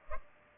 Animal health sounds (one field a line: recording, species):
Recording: mosquito wingbeat signal from an infrared sensor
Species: Culex pipiens